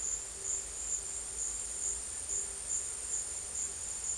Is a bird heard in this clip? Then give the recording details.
no. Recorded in dense forest near Puerto Asís, Putumayo, Colombia, on 22 December 2024 at 13:00. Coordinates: 0.482, -76.320. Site G021